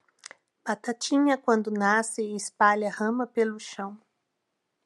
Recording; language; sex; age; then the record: short text; Brazilian Portuguese; female; 40 to 49 years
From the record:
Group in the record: control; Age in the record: 49 years